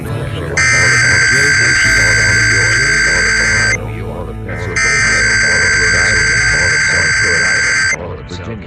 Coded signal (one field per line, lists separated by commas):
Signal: Emergency Alert System (SAME) tones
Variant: header bursts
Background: speech